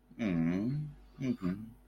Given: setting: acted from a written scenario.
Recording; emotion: vocal sound without words; sympathy